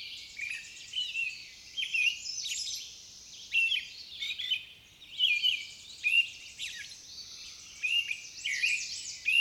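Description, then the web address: Songbird song: quick bursts of high twittering and chirped notes repeated every second or two, some phrases slurred and warbling, with a soft steady hiss underneath. "Nature Songs Nature Sounds Sounds of Nature Collection Songbirds"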